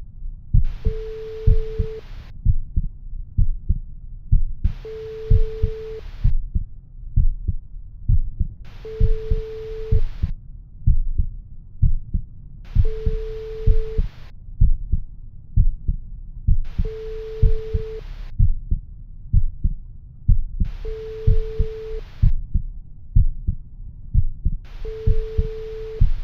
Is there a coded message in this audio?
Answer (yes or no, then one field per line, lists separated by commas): no